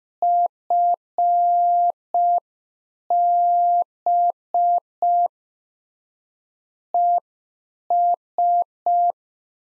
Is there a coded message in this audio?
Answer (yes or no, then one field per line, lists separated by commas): yes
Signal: Morse code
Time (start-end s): 0.2-9.1 s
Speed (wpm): 5 wpm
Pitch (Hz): 700 Hz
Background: none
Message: FB ES